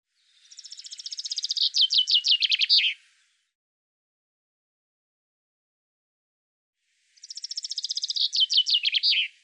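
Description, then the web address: Common chaffinch song: two high phrases of short notes descending into a final flourish, separated by roughly four seconds of silence. "Deverinetal 2025 File cleaned normalized Bird Fr Co"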